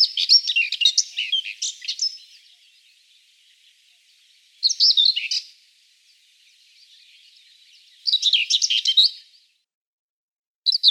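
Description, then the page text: Common whitethroat singing brisk, scratchy warbles of varying length, bursts of about one to two seconds separated by pauses of a few seconds, with a faint hiss in the background. "Серая славка"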